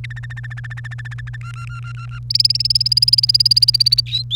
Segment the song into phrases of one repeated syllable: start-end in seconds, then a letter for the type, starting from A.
0.04-1.36 A, 1.41-2.19 B, 2.30-4.00 C, 4.06-4.36 D